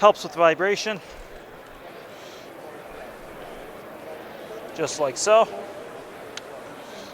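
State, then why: Not seated. A battery pack is being pushed into the body of a Miele Triflex HX1 cordless stick vacuum, where it is meant to lock in with a tab. Someone talks briefly at the start and again near the five-second mark over a steady low background. Nothing has seated or clicked yet by the end of the clip.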